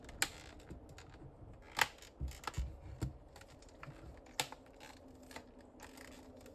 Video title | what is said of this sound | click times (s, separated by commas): Rear DVD Screen FIXED! RES Ribbon Cable Fix Cadillac, Chevy and GMC 2015-2019 | So once you line it up, you just squeeze it together and it will clip in. Yep. Just | 0.2 s, 4.4 s